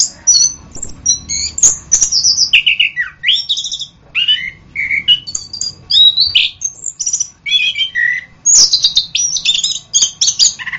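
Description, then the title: Orange-headed thrush delivering varied whistled phrases, some rising and falling, mixed with harsh scratchy notes and brief gaps. "anis kembang"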